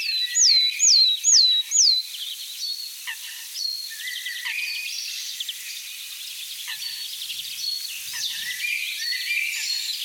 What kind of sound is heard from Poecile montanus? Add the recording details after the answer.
song. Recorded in the wild. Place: NSG Kittlitzer Hofsee, Schleswig-Holstein, DE. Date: 1986-05-09. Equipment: Uher Report Monitor. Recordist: Schwarz, Dieter